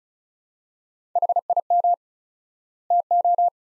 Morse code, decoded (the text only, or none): HIM TO